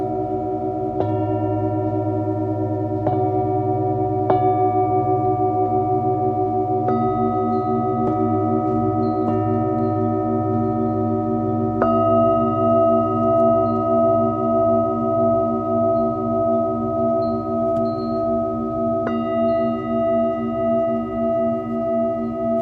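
Singing bowls ring in long, overlapping tones for sound healing, with a low hum underneath and a steady wash of resonance. New soft strikes land every few seconds, most often in the first twelve seconds, each adding bright shimmering overtones that slowly fade into the drone.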